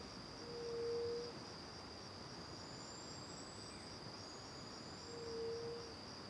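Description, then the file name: Cricket trilling continuously at a high pitch, with two low hum-like hoots, one early and one late, over a hiss of background noise. Recorded in the morning with back to the river near the Angelica cave; crickets first far away, then nearby; AB stereo recording. "De costas para o rio perto da caverna angelica de manha, varios passaros, grilos longe e depois perto, gravacao em ab"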